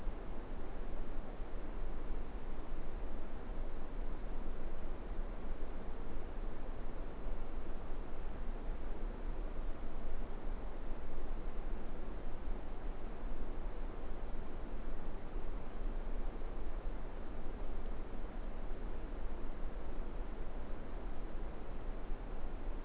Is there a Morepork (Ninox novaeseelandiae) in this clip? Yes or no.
no